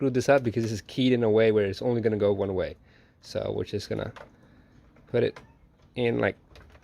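Someone talks while lining up the lid lock wiring harness connector with the keyed socket on the main control board of a Whirlpool/Maytag/Kenmore washer, with a few faint handling ticks in the quiet gaps. The clip ends just before the connector goes home, and nothing has seated or snapped into place yet.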